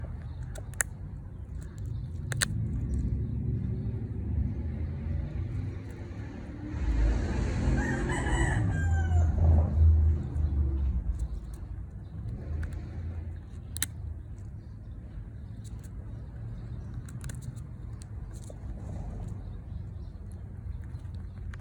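A pecan is broken open, with brief sharp cracks near the start and again around 14 and 17 seconds. A steady low rumble runs throughout, swelling between about 7 and 10 seconds as a wavering, bird-like call rises over it.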